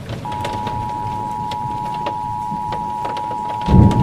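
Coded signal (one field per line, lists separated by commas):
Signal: Emergency Alert System (SAME) tones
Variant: 853 and 960 Hz attention tone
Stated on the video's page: Fictional immersive EAS scenario.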